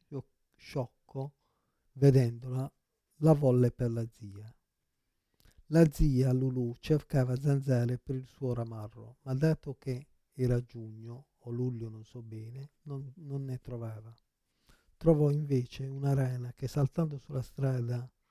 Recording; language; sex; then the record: read passage; Italian; male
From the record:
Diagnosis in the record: Parkinson's disease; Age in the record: 56 years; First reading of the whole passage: 87 s, 6.0 characters per second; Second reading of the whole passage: 67 s, 7.8 characters per second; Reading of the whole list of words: 59 s, 4.8 characters per second